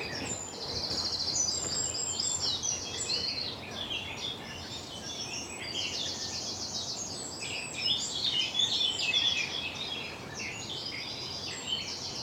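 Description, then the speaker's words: Garden warbler song, a long scratchy warble of fast, jumbled high notes with few pauses. Longer-winded scratchy warble that really does warble, heard near a small settlement of five or six houses with gardens, on a May morning in the Brecon Beacons. "The longer-winded scratch here. It's the garden warbler."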